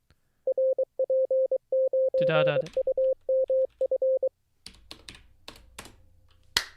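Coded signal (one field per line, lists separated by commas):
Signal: Morse code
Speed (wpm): 23 wpm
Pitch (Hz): 520 Hz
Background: speech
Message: RP9UMF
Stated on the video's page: Live Morse code learning practice session, day 23 of daily 10-minute CW study.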